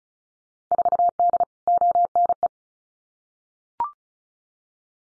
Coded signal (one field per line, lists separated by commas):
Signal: Morse code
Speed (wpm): 34 wpm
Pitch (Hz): 700 Hz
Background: none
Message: 4D ONE